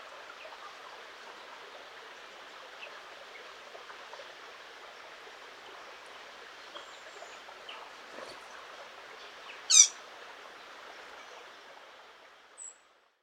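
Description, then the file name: Eurasian blackcap giving a single sharp, clicking call near the tenth second, with faint high chirps over a steady hiss. "Sylvia atricapilla"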